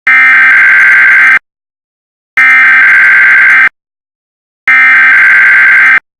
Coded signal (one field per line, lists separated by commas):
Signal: Emergency Alert System (SAME) tones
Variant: header bursts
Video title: EAS Flash Flood Warning (EAS #15 Now In HD!!)